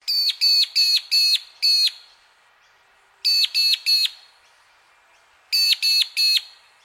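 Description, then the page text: Magpie-lark calls, loud ringing harmonic notes in quick bursts of five, then three, then three, separated by short silent pauses. In Queensland; a sequence of calls. "Bird Magpie Lark (Peewee) Call Sequence. Birds in Queensland"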